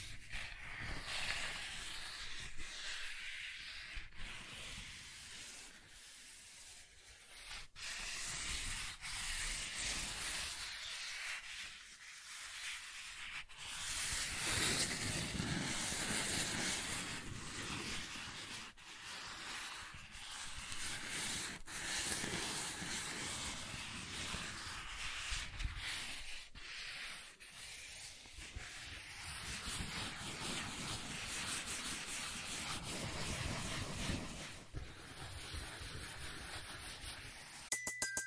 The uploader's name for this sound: Soft Tracing on Smooth and Rough Surfaces